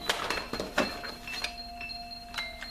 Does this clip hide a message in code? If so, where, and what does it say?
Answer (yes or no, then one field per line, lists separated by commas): no